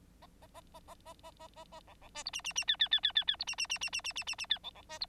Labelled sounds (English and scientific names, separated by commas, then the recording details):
Bengalese Finch (Lonchura striata domestica) song
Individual Bird9